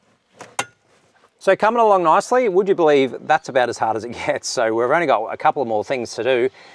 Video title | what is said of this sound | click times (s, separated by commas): D-MAX MUX Auto Torque Converter Lock-Up Kit - INSTALL & ROAD TEST - BOOSTEC | and then same story here we want to get this guy connect it back up there make sure it clicks into place | 0.6 s